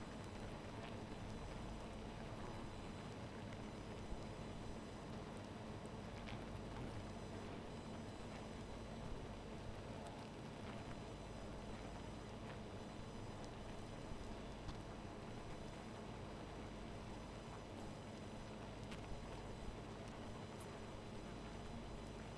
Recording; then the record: honeybee colony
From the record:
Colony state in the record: missing queen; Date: 14 July 2017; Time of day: 0:02